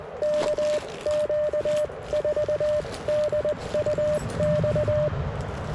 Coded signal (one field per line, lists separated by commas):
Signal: Morse code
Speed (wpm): 20 wpm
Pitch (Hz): 590 Hz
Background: none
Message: KQ4DUX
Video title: 10M Loop And 30M Vertical CW POTA Activation